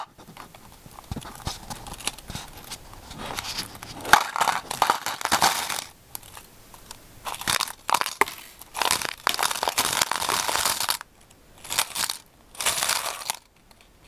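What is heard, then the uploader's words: Paper clips worn as nails tap and scrape in quick bursts, giving a bright, crisp clicking and rustling with a gritty, crinkly edge. Activity swells and pauses in irregular clusters, with short silent gaps near six, eleven and twelve seconds and again at the end. クリップの音と指のタッピング. Tapping with Paper Clip Nails.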